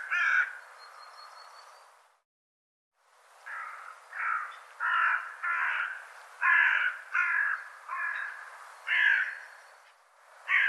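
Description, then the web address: Bird calling in a long series of many short, harsh caws at an uneven pace, broken by one short pause. "cianscape birddata"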